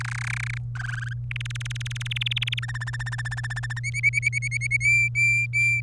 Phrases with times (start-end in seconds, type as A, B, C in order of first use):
0.00-0.58 A, 0.75-1.13 B, 1.31-2.59 C, 2.62-3.79 D, 3.83-4.77 E, 4.80-5.81 F